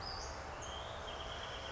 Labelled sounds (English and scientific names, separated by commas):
Western Flycatcher (Empidonax difficilis)